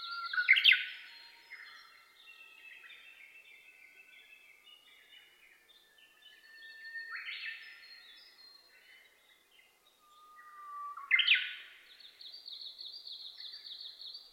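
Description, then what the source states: Japanese bush warbler singing three phrases, whistled notes ending in explosive rising flourishes, spaced several seconds apart, with other birds twittering high in the background. Recorded 27 May 2007 at 05:46, early morning.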